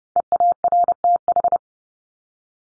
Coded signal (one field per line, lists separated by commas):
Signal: Morse code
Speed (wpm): 30 wpm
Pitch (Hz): 700 Hz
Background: none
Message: EARTH